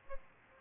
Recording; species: mosquito wingbeat signal from an infrared sensor; Aedes albopictus